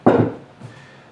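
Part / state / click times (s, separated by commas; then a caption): suppressor on rifle muzzle quick-disconnect mount / released / 0.1 s. A 5.56 suppressor is unscrewed from its quick-disconnect flash-hider mount on the barrel of a DPMS Sportical AR-15. It comes off after a couple of turns. One sharp metallic hit rings out at 0.1 s as the can comes free, followed by a fainter knock around 0.6 s, and the suppressor is released.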